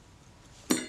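A small metal circlip is pressed into its slot on the shutter release lever of a Kodak Retina IIIC camera while the spring is held down with a thumb. After quiet background, a sharp, bright metallic click at 0.7 s snaps the circlip into place. The lever is now correctly seated.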